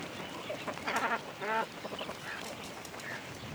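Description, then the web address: Cormorant calls: two short, harsh, nasal croaks close together, set against a constant rushing background noise. Cormorants at the nest, taking off. "GDC 2017-Game Audio Bundle Sound Holder - Cormorants animals cormorants nest take off"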